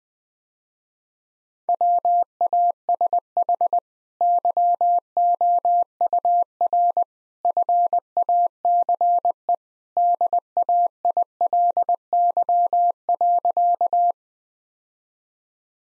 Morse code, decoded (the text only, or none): WASH YOUR FACE DAILY.